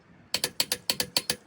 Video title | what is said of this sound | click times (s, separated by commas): How To Do Your Own Tire Rotation On Your Car | When you hear that clicking, that means it's tight. | 0.3 s, 0.6 s, 0.9 s, 1.2 s